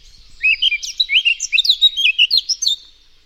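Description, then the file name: Eurasian blackcap song, a quick, rich warble of many bright, rising and falling whistled notes delivered in one continuous burst. "Sylvia atricapilla"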